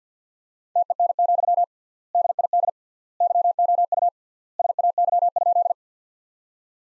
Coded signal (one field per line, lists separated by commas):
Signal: Morse code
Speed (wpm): 50 wpm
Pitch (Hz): 700 Hz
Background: none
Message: TEN, DID YOU SAY?